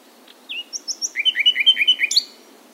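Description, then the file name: Common nightingale song: a short whistled phrase of high slurred notes, then a fast run of several repeated chirps ending in a sharp high note. "Luscinia megarhynchos"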